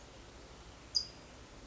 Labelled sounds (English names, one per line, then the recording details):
California Towhee
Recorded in Sonoma County, California